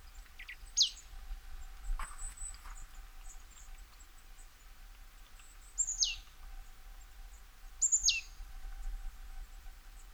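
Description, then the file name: Marsh tit giving three sharp, high downward-slurred call notes, irregularly spaced, over a low steady hum and faint background hiss. "Poecile palustris"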